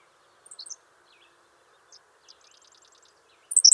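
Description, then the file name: Henslow's sparrow giving a short, high, squeaky hiccup at the start and again at the end, with faint ticking between. "Ammodramus henslowii - Henslow's Sparrow"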